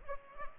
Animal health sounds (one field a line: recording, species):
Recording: mosquito wingbeat signal from an infrared sensor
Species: Culex pipiens